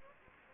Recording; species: mosquito wingbeat signal from an infrared sensor; Anopheles gambiae